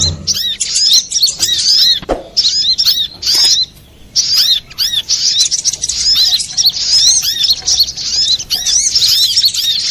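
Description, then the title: Little spiderhunter song, rapid high twittering in busy phrases of arched chirps, pausing briefly between runs, with one short low knock. Master recording for training cage birds; labelled Labaik. "Sogok Ontong Labaik"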